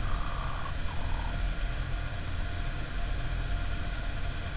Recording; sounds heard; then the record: poultry house recording; healthy chickens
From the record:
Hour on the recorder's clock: 15